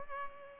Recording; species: mosquito wingbeat signal from an infrared sensor; Culex pipiens